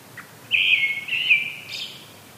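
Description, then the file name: Brown-headed thrush song: a faint opening note, then a rich warbled phrase that finishes with a high, thin flourish. "akahara"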